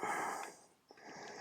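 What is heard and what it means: The cable assembly from the front half of a Yale Assure Smart Lock 2 is being handled toward the connector on the back half, the interior lock unit. Broad, breathy hiss fades after about 0.6 s, and a brief soft tick at 0.9 s comes before the hiss returns. The connector has not clicked in or seated yet.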